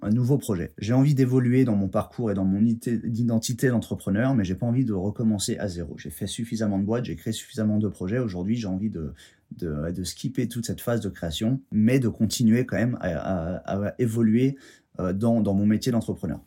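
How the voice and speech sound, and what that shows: A man speaks French in a low, steady voice at a mostly fluent pace, with part-word repetitions ("de, de, de"). A tense, creaky vowel repeats three times before "évoluer", with short pauses. These are occasional stuttering blocks and repetitions in an adult man who has stuttered all his life, since his first words.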